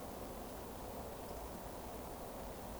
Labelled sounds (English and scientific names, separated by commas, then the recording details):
Eurasian Woodcock (Scolopax rusticola) whistle
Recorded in Baden-Württemberg, Germany, on 24 June 2020 at 20:32 UTC
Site 14569, 102 m above sea level